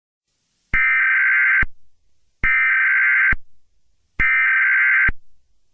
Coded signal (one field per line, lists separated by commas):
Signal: Emergency Alert System (SAME) tones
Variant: header bursts